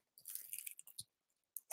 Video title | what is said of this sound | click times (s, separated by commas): What You Didn't Know About Broken Bones, Sprains, and Bleeding | Click. So the one cool thing about the SAM XT is when you're pulling it hard enough, it clicks to let you know that it's tight enough. | 1.6 s